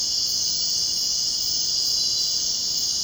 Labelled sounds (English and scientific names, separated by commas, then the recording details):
none
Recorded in dense forest near Puerto Asís, Putumayo, Colombia, on 23 June 2025 at 00:30
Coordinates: 0.499, -76.324
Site G100